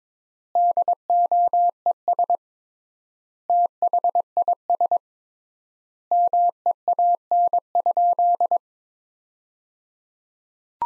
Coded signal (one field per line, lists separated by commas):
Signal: Morse code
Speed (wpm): 22 wpm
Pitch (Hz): 700 Hz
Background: none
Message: DOES THIS MEAN?